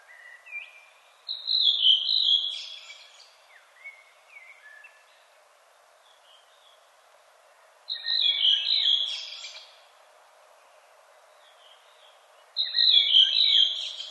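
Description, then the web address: Redwing song in three separate phrases, each a loud squeaky chattering twitter, with some quieter scattered notes after the first. "HGW birds \ \aves Rodvingetrast"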